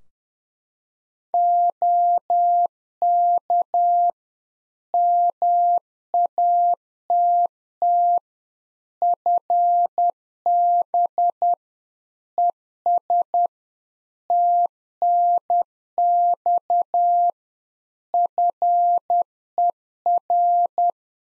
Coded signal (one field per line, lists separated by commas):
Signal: Morse code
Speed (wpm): 10 wpm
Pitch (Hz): 700 Hz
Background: none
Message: OK MATT FB ES TNX FER